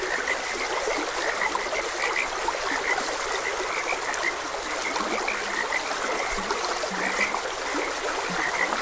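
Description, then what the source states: Frogs croaking: scattered low croaks and a busy layer of higher pulsed calls, partly masked by a continuous gurgling stream. Frogs croaking beside a gentle stream.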